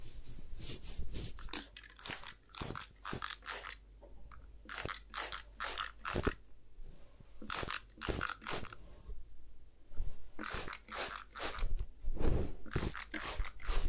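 Head spa hair washing and massage with quick, bright crackling and scratching bursts, like wet fingers working through hair close to the ear. The strokes come in rapid irregular clusters across the whole clip, with brief pauses near four and ten seconds and a faint low hum underneath.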